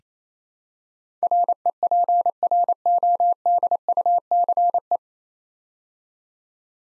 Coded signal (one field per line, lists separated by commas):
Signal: Morse code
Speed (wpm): 27 wpm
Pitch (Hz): 700 Hz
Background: none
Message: REPRODUCE